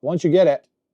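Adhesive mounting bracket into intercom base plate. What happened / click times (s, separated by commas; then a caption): Handled, not yet seated: no click from the bracket / none. Someone talks briefly while the plastic mounting bracket with 3M adhesive for a Cardo PackTalk Edge motorcycle helmet intercom is twisted and slid into the back of the base plate that holds the speaker and mic plugs. The bracket is still being handled and nothing has clicked or seated yet.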